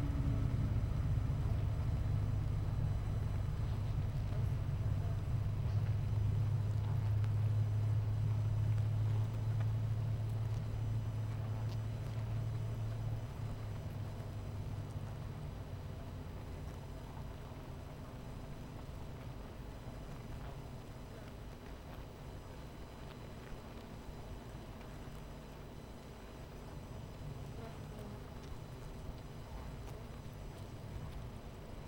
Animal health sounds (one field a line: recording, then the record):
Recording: honeybee colony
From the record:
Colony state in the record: missing queen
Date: 14 July 2017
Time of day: 11:30